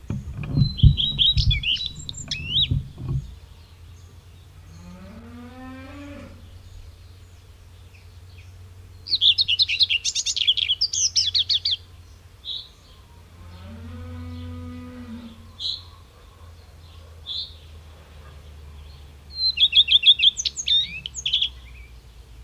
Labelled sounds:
Common Redstart (Phoenicurus phoenicurus) song

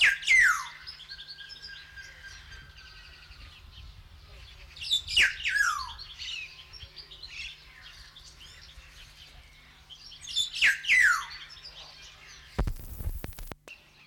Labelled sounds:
Black-naped Oriole (Oriolus chinensis)

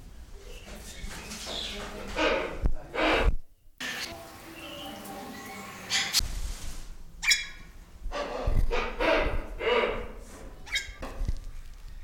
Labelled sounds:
Black-winged Starling (Acridotheres melanopterus)

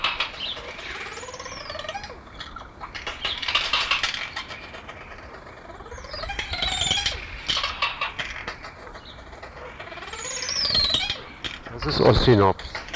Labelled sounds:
Yellow-faced Myna (Mino dumontii) call

